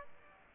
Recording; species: mosquito wingbeat signal from an infrared sensor; Aedes aegypti